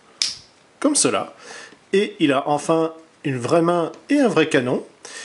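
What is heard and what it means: During transformation of a Transformers Fall of Cybertron Shockwave action figure, its plastic arm is folded fully and the part at the back comes down and clips onto it with one sharp snap at 0.2 s. The section seats into place, and someone talks through the rest of the clip.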